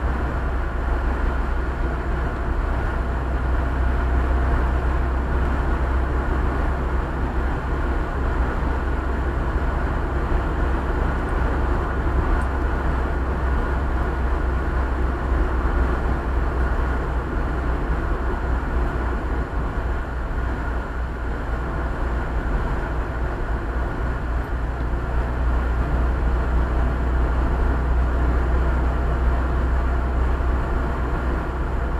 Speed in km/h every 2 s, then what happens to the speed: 62, 61, 62, 63, 64, 64, 64, 63, 62, 60, 60, 59, 59, 59, 61, 61.
0-32 steady at about 61.